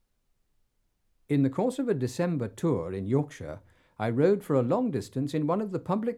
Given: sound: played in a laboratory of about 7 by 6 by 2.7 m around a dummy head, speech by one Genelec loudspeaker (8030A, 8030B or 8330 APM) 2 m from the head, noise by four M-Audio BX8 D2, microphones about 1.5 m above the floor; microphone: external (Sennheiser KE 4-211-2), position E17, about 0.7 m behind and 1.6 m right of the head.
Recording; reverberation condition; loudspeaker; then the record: male speech in English; low; 120 degrees to the right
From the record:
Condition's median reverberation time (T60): about 310 ms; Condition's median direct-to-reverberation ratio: about 3.5 dB